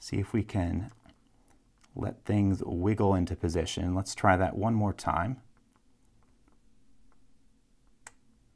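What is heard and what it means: Someone talks while picking a Kryptonite New-U New York Fahgettaboudit bike lock, tensioning and counter-rotating the discs of its disc-detainer mechanism in the U-lock body, with faint small clicks and ticks as they shake it and try again. At 8.1 s a sharp, loud click marks the lock mechanism releasing, and the lock clicks open.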